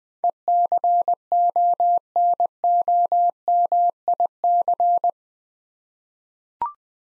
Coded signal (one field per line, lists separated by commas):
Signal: Morse code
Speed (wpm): 20 wpm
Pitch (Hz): 700 Hz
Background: none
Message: ECONOMIC